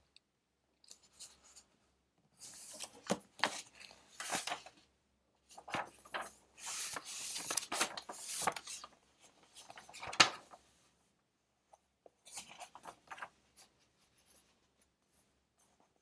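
Pencil scratching on paper while someone studies, in bursts of quick, rough strokes with short quiet pauses between them. The busiest writing runs from about two to ten seconds, with sharper taps and scrapes, then a lighter flurry near twelve to fourteen seconds.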